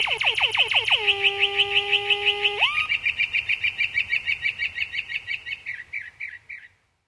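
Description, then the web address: Mockingbird song: fast descending whistled notes, then long steady tones, then a rapid run of repeated chirps fading out at the end. "david sounds Mimus"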